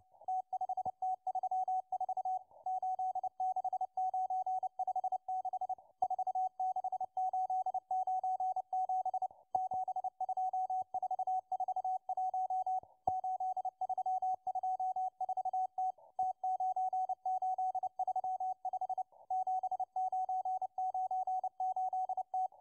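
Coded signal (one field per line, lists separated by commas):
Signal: Morse code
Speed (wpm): 29 wpm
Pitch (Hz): 750 Hz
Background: radio noise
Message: T5T34 86956 46897 72441 8324T T9835 7998T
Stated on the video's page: Russian Morse number station M12 heard on 11139 kHz.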